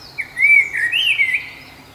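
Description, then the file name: Common blackbird giving a short fragment of song: a smooth, rounded whistle followed by a slightly higher, wavering warble lasting about a second. "Turdus merula"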